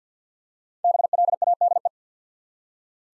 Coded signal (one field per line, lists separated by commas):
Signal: Morse code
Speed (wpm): 50 wpm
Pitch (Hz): 700 Hz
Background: none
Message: BLADE